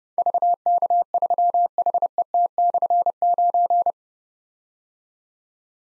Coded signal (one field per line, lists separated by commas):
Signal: Morse code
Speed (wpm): 30 wpm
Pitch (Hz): 700 Hz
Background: none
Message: VK3HET/9